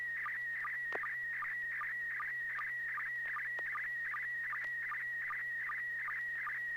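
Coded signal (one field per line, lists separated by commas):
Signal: SSTV (slow-scan television)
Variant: PD50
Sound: warbling tone around 1.9 kHz with short regular low chirps, a few clicks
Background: radio static, low hum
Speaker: i'm going to transmit pd [Music] 50. c all right n6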